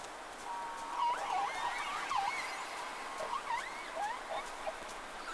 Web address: Sea Snake 10-3-06 Whales X 2 11-30